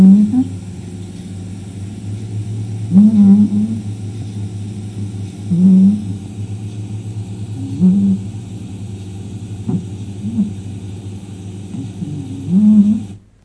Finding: Cat snoring.